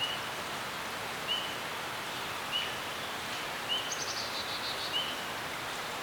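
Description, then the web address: Bird calling, one short soft note repeated about every 1.2 seconds, with a brief higher twitter near the fourth second, against constant rustling background noise. Birds chirping in a serene forest. "Dr Sound Effects. Birds Chirping In a Serene Forest"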